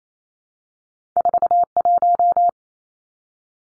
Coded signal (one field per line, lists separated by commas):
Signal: Morse code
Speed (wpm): 28 wpm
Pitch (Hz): 700 Hz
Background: none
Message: 41